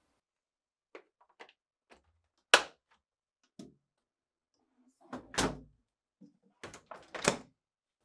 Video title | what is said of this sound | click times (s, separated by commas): How to replace Port Collar part # WR14X25124 on your GE Refrigerator | then align the assembly to the refrigerator housing and press until it snaps into place | 2.5 s